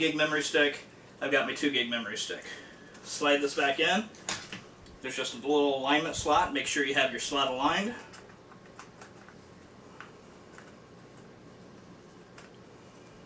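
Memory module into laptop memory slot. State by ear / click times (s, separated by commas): not seated / none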